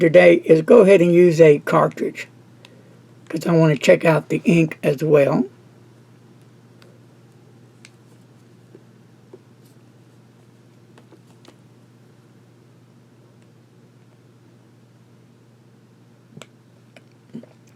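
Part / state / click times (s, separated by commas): ink cartridge into fountain pen section / not seated / none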